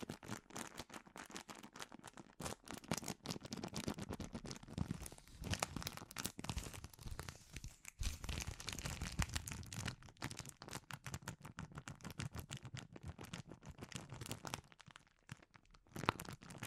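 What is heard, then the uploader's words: Dense, irregular crinkling with rapid crackles and occasional tearing snaps continues throughout, pausing briefly near eight seconds and again around fifteen. ASMR Sensitive Crinkles (No Talking).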